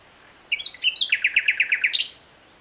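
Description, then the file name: Common nightingale phrase of a few sharp notes leading into a fast run of loud repeated chips, ending on a high note. "Luscinia megarhynchos"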